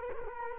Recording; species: mosquito wingbeat signal from an infrared sensor; Culex quinquefasciatus